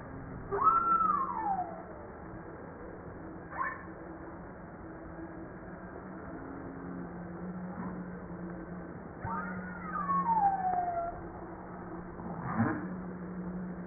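Humpback whale calls: two high, thin whistles gliding downward, with a few short pulses and a steady low drone.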